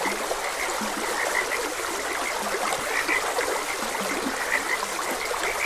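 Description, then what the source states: Chorus of frogs giving quick overlapping croaks and chirps, a few deeper croaks below, all set against a continuous hiss of flowing water. Frogs croaking beside a gentle stream.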